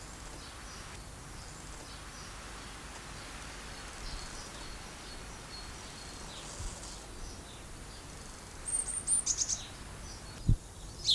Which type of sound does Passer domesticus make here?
song